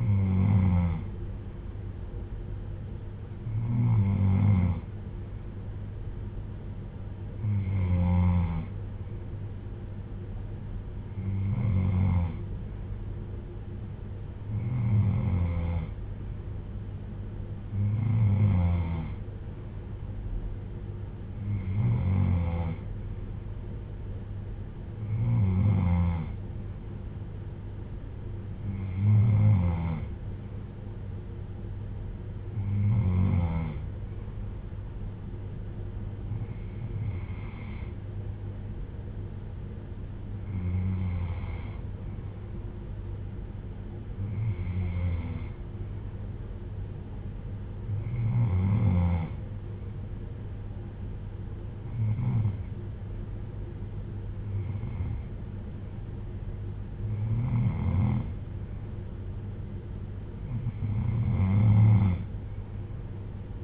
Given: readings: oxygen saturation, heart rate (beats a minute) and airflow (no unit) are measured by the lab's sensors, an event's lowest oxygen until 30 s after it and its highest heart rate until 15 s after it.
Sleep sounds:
breathing in sleep by a smartphone at the bedside; none
none scored
From the record:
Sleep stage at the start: N3 (deep sleep); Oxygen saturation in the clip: 94 to 95%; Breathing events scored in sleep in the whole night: 310 in 8.1 hours asleep

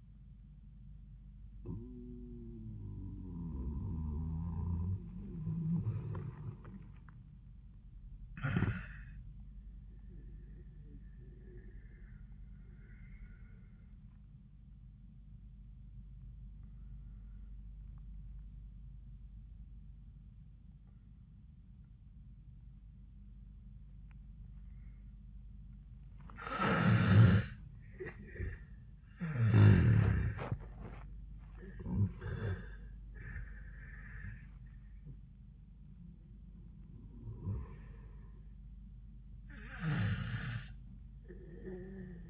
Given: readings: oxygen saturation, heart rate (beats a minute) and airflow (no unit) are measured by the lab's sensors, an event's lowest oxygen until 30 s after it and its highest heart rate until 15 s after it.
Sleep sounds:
breathing in sleep by a smartphone at the bedside; 1
11.00-30.70 s: obstructive apnea (N1, oxygen 97% highest, then 80% lowest, heart rate 103 at the start, 103 highest)
From the record:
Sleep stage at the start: N1 (lightest sleep); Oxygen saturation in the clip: 65 to 97%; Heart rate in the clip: 69 to 103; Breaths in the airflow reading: 4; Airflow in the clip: -20.1 to 10.3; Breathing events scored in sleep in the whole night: 400 in 8.7 hours asleep

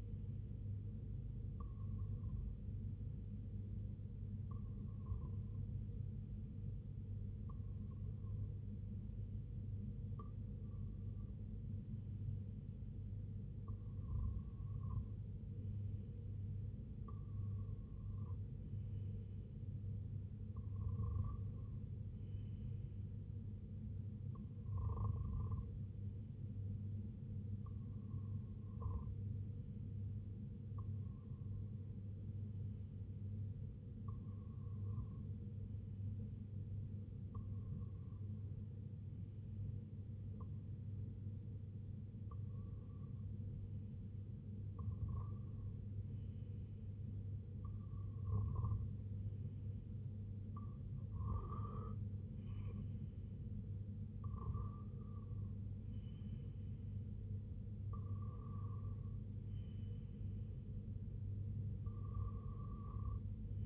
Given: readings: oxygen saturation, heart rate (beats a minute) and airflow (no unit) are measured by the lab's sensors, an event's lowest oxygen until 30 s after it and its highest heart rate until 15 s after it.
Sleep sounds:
breathing in sleep by a smartphone at the bedside; none
none scored
From the record:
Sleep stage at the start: REM sleep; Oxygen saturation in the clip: 94 to 96%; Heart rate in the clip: 67 to 86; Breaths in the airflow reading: 20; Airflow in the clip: -5.9 to 3.9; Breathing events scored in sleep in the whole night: 258 in 7.4 hours asleep

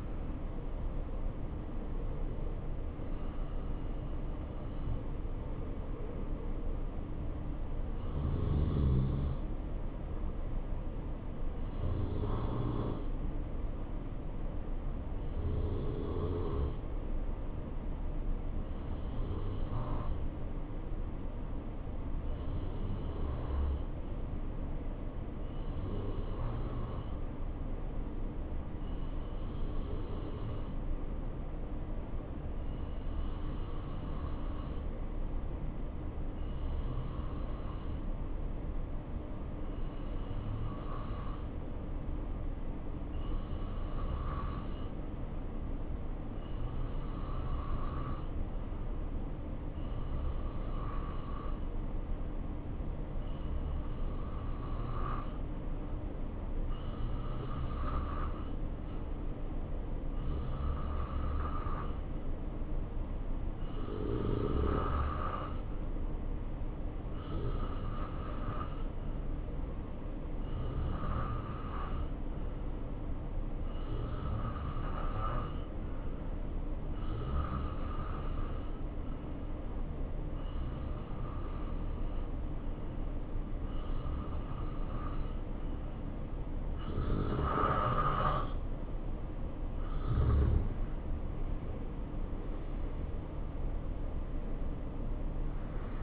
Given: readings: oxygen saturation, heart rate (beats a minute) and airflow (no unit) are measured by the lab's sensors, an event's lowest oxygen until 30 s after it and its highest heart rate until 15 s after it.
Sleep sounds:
breathing in sleep by a smartphone at the bedside; 1
12.00-86.70 s: hypopnea (N2, oxygen 93% highest, then 87% lowest, heart rate 67 at the start, 73 highest)
From the record:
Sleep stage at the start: N2 (light sleep); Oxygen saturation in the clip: 88 to 93%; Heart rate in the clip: 62 to 73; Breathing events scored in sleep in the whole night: 277 in 7.4 hours asleep

